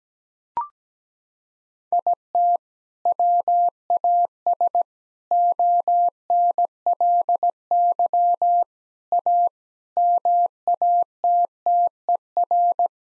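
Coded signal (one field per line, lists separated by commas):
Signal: Morse code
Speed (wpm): 17 wpm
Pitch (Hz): 700 Hz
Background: none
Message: IT WAS ONLY A MATTER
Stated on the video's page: Morse head-copy drill of common nine-word groups at 17 wpm, each sent, spoken, then sent again.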